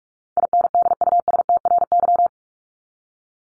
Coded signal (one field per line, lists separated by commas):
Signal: Morse code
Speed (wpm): 44 wpm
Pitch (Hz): 700 Hz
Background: none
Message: INDUSTRY